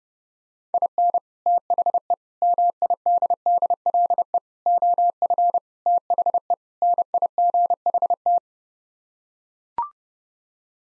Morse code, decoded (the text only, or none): IN THE MIDDLE OF THE NIGHT